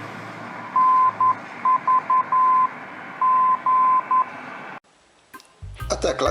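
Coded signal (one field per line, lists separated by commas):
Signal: Morse code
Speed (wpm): 11 wpm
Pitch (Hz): 1030 Hz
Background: speech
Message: NVG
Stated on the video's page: Morse received on a Tecsun PL-660 portable receiver.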